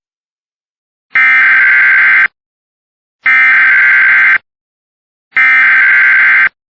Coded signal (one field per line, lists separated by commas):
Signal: Emergency Alert System (SAME) tones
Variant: header bursts